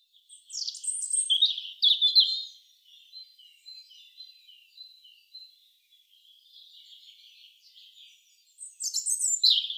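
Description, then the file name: European robin singing thin, high, warbling phrases, loud bursts at the start and end with quieter trickling notes between. "Erithacus rubecula"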